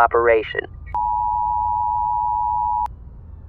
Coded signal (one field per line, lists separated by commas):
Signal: Emergency Alert System (SAME) tones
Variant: 853 and 960 Hz attention tone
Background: speech